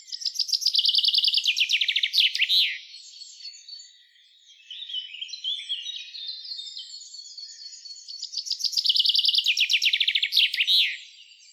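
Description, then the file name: Common chaffinch song: two ringing, cascading trills with terminal flourishes about eight seconds apart, and softer varied bird chirping in the gap. "Fringilla coelebs"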